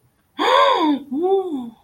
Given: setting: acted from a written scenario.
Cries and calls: vocal sound without words; elation

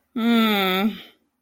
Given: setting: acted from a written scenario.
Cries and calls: vocal sound without words; shame

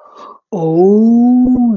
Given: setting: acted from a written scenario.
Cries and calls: vocal sound without words; ecstasy

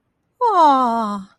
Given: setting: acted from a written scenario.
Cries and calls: vocal sound without words; adoration

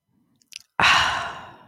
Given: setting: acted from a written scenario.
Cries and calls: vocal sound without words; contentment

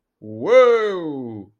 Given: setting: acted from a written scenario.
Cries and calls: vocal sound without words; triumph

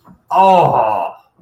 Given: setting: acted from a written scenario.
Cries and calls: vocal sound without words; pain

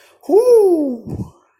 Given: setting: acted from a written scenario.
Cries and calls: vocal sound without words; triumph

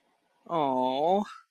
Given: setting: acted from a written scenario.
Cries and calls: vocal sound without words; sympathy

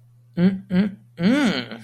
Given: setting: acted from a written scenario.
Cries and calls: vocal sound without words; desire

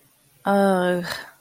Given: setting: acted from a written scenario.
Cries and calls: vocal sound without words; disappointment

